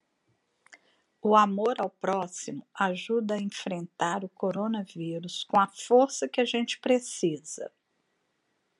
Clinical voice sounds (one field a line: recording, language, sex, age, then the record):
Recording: spoken sentence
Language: Brazilian Portuguese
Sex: female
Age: 50 to 59 years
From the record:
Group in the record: control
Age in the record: 58 years